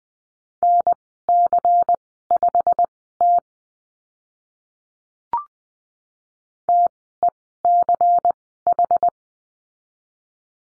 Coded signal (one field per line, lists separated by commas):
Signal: Morse code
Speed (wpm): 20 wpm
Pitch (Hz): 700 Hz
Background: none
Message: NC5T TECH